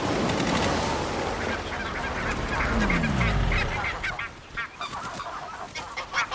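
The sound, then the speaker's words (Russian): Geese flying in a line behind a hang glider honk over and over in a noisy, overlapping chorus, loud harsh calls stacking up for several seconds before thinning into scattered honks. “Тома в шутку обращается к гусям.”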